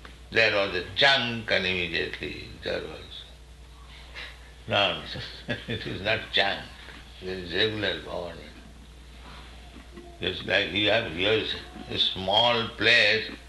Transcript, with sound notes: there was a chunk and immediately there was... Nonsense. It is not chunk. [laughs] It is regular government. Just like we have here a small place.